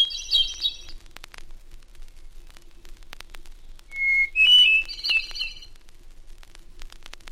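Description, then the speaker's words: Hermit Thrush song: the end of one ringing phrase, a pause, then a clear sustained whistle followed by a rapid, higher fluty flourish, amid faint crackles. Singing from a balsam spire in the Adirondack Mountains; nests in the North Woods. "The first of these, often considered America's foremost songbird, is the hermit thrush, now singing from a balsam spire in the Adirondack Mountains."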